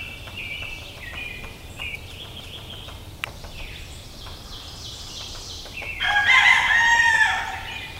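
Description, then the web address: Rooster crowing once near the end, a loud drawn-out call, after several seconds of thin whistled birdsong. "Sounds of Nature Rooster"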